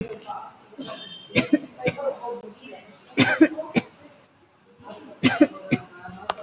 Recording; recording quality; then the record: heavy voluntary cough; excellent, no background noise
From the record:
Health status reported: respiratory illness, not identified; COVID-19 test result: negative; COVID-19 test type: RT-PCR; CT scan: taken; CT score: 0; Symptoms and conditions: breathing difficulty, asthma, another condition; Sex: female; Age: 41 years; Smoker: no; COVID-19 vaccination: none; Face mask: worn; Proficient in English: no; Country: India